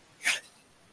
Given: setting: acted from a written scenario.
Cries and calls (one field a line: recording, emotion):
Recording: vocal sound without words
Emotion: pride